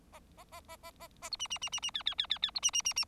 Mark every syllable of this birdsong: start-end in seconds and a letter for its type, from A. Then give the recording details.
0.12-0.20 A, 0.37-0.44 A, 0.52-0.60 A, 0.68-0.76 A, 0.83-0.91 A, 1.00-1.07 A, 1.22-1.29 A, 1.31-1.36 B, 1.39-1.48 C, 1.50-1.58 C, 1.61-1.69 C, 1.72-1.80 C, 1.82-1.90 C, 1.94-2.03 D, 2.06-2.15 D, 2.18-2.26 D, 2.29-2.38 D, 2.42-2.51 D, 2.54-2.60 B, 2.62-2.71 C, 2.73-2.82 C, 2.84-2.94 C, 2.96-3.05 C. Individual Bird4